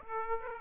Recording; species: mosquito wingbeat signal from an infrared sensor; Aedes aegypti